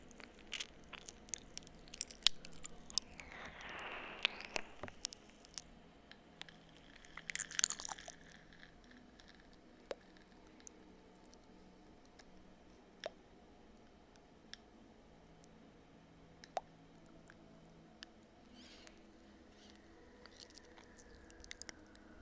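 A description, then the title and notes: Slow, wet licking and kissing sounds with soft smacks and clicks scattered across the clip. A denser, squelchy stretch comes around three to five seconds and another near seven to eight seconds. A low steady hum runs underneath throughout. ASMR Slow Ear LicksKisses.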